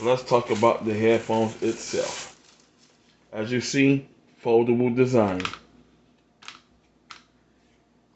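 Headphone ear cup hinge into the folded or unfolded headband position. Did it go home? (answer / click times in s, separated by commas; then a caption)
yes / 7.1 s. Someone talks through the first five and a half seconds while handling AILIHEN C8 over-ear headphones with a foldable design. The plastic hinge of the ear cup is folded or unfolded into position, with a faint tick at 6.4 s. It then locks with a short, sharp snap at 7.1 s, seating the hinge in place.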